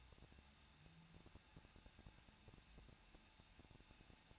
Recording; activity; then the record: daily activity, microphone in the room; no activity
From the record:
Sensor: 2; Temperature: 21.0 degrees Celsius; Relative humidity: 37.5%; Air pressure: 1006.2 hPa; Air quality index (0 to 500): 224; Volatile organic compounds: 25 ppm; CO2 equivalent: 2844 ppm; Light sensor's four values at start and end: 2/3/2/2 and 2/3/2/2